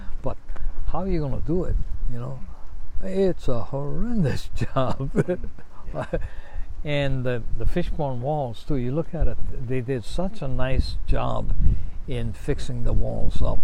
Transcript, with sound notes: But how’re you gonna do it? You know? It’s a horrendous job. *laughs* And the fishpond walls, too. You look at it. They did such a nice job in fixing the walls up.